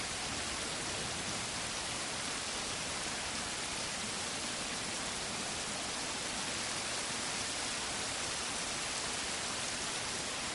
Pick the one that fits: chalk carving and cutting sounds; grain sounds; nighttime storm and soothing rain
nighttime storm and soothing rain